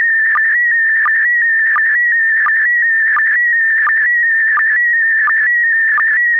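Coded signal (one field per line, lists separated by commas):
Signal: SSTV (slow-scan television)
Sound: continuous warbling tone, wavering pitch, with short low blips about every 0.7 s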